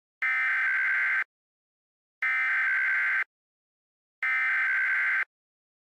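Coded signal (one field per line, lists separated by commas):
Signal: Emergency Alert System (SAME) tones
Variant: header bursts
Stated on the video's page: Fictional EAS scenario about a Kentucky coal mine fire.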